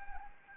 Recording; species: mosquito wingbeat signal from an infrared sensor; Anopheles arabiensis